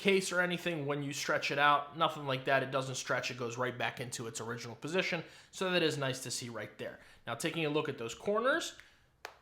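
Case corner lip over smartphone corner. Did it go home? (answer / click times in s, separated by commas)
yes / 9.2 s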